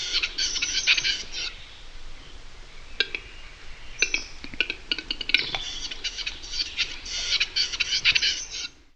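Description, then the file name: Western capercaillie display: dry clicks and rattling bursts mixed with harsh hissing, scraping notes. Pohorje, Slovenia. "divji-petelin tetrao-urogallus pmsl-ttrilar"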